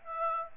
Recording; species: mosquito wingbeat signal from an infrared sensor; Aedes aegypti